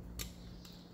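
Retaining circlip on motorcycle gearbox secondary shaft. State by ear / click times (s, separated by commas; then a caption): not seated / none. A steel retaining circlip (snap ring) is worked onto the secondary shaft of a YBR 125 motorcycle gearbox while the gears are being assembled. A sharp metallic tick comes at about 0.2 s and a fainter one at about 0.6 s, over a steady low hum. The circlip is only being handled and has not yet seated in its groove.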